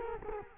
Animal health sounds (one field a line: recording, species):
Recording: mosquito wingbeat signal from an infrared sensor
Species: Culex quinquefasciatus